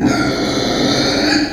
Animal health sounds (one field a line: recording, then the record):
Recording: squeal of a Yucatan mini pig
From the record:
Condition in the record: before surgery on the right vocal fold (resection and tissue-engineered implant)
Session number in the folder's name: 1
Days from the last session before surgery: -21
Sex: female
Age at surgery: 19 weeks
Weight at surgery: 25 kg